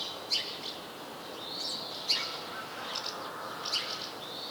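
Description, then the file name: House sparrow giving three single sharp chirps, with softer whistled notes between them. "Passer domesticus"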